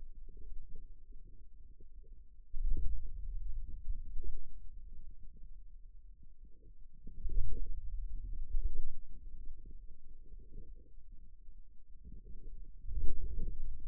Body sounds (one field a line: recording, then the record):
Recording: forearm muscle sounds (acoustic myography)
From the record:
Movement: wrist flexion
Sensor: system 2, bracelet of six BSWA MPA416 microphones around the upper forearm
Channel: 5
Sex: male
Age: 22 years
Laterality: right